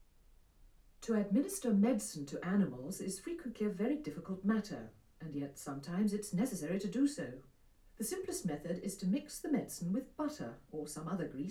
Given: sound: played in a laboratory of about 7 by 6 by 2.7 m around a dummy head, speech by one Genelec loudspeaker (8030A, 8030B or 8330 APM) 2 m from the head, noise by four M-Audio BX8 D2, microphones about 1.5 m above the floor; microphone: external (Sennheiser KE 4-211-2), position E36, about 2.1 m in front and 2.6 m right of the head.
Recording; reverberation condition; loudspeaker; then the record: female speech in English; low; 150 degrees to the left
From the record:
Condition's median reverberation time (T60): about 310 ms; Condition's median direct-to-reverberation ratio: about 3.5 dB